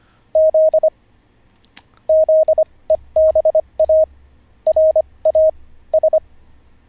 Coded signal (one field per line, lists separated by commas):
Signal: Morse code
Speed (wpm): 25 wpm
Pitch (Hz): 630 Hz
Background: none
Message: Z ZEBARAS